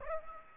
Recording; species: mosquito wingbeat signal from an infrared sensor; Aedes aegypti